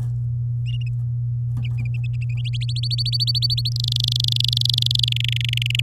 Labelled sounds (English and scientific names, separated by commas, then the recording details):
Domestic Canary (Serinus canaria) song
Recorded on 10 May 2018 at 08:11
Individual llb16